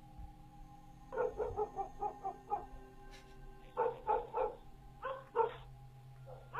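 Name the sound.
dog barking intermittently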